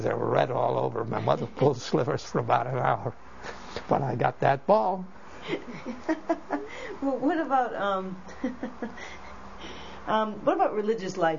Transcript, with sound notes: They were red all over. My mother pulled slivers for about an hour, but I got that ball.
( she laughs ) What about, um, what about religious life?